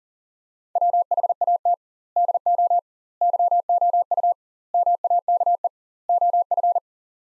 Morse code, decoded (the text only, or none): WHAT DO YOU MAKE OF